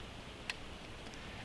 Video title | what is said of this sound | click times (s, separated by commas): RF Explorer PLUS Expansion Module Installation Step-By-Step (020d) | and it clicks in place with a decided click when it's in place | 0.5 s